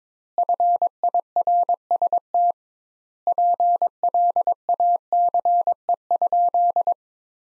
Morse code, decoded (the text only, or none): FIRST PLACE?